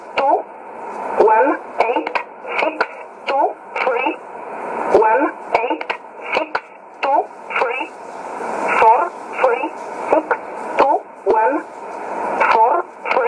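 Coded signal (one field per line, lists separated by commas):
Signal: numbers station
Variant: E11 Oblique, English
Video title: 14 02 2017 Numbers station E11 Oblique in English to Eu 1051 on 12153 in USB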